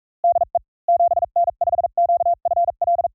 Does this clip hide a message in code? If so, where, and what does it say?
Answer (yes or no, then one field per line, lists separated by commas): yes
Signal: Morse code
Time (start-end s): 0.2-3.1 s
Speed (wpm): 44 wpm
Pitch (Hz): 690 Hz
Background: none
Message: DE 7N5QFL